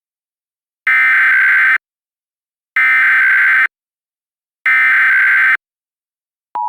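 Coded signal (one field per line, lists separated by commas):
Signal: Emergency Alert System (SAME) tones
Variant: header bursts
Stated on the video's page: Mock EAS Required Monthly Test for all of Texas, using valid EAS tones.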